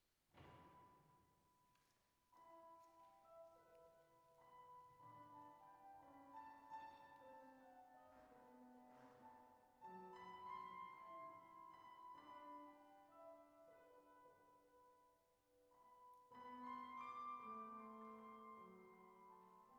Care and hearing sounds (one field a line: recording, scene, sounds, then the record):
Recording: everyday scene through a hearing-aid microphone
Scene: reverberant space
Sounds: music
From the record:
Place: church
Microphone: behind the ear, right, front